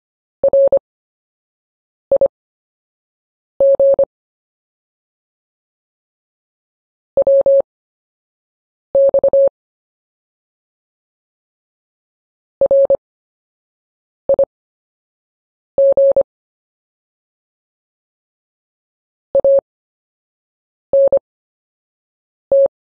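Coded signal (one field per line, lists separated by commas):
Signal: Morse code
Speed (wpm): 25 wpm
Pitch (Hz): 550 Hz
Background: none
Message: RIG WX RIG ANT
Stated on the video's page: Morse practice of anchor words with a slow speed workout at 8 WPM.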